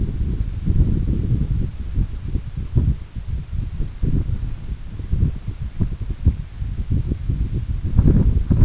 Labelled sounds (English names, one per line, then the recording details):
none
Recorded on Arctic tundra, site EABA-1, on 21 June 2018
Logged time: 02:00